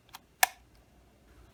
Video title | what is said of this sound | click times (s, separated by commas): RUKO U11 PRO Foldable 5G wifi GPS RC Quadcopter RTF | so slide it back in and push it in and it will lock into place | 0.4 s